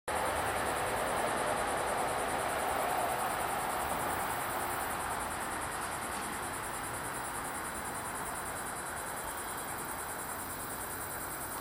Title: Diceroprocta Vitripennis